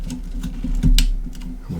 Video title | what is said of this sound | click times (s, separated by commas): 1,000,000 Ravencoin Mining Rig!! | here click in we know it's it's good now listen after we've plugged everything in | 1.0 s